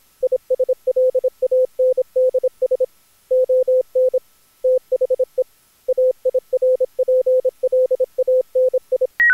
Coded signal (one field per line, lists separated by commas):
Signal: Morse code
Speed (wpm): 25 wpm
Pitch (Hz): 510 Hz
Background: none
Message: ISLANDS ON THE AIRPLANI